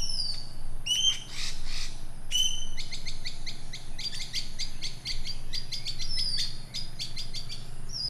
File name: suara burung ekek layongan atau cissa chinensis